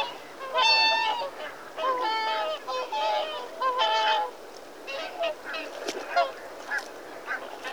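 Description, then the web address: Mute swan calls: several loud, nasal notes, then softer, shorter calls trailing off. "BBC Sound Effects Library - Birds - Mute Swan (Cygnus Olor) Calls"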